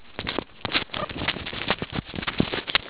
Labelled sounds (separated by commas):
meerkat close call